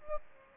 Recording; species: mosquito wingbeat signal from an infrared sensor; Aedes albopictus